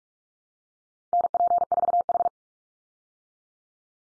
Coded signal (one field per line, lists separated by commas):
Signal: Morse code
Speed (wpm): 44 wpm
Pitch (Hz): 700 Hz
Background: none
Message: NP4H